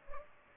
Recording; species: mosquito wingbeat signal from an infrared sensor; Culex pipiens